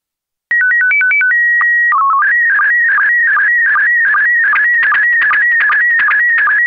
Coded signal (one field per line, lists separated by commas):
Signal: SSTV (slow-scan television)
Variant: PD 50